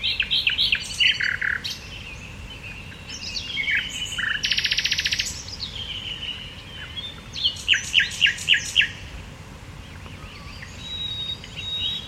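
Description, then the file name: Common nightingale singing varied phrases: sharp whistled notes, a rapid buzzy trill, and fast repeated chirps, separated by short pauses over a steady background hiss. "Luscinia megarhynchos"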